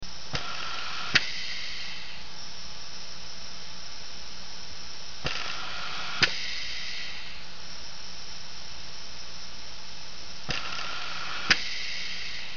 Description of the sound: Anesthesia ventilator sound effect.